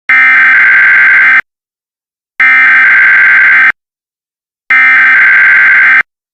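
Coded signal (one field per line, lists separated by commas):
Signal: Emergency Alert System (SAME) tones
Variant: header bursts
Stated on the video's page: Fictional EAS bombing scenario.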